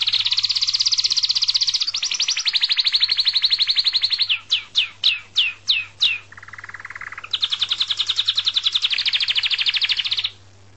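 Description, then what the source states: Canary delivering sustained high trills, a run of about seven sharp falling notes, a low rattling roll, then another fast trill that stops abruptly. Canary song accompanied by guitar music.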